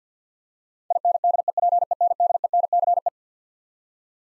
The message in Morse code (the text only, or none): INDEPENDENCE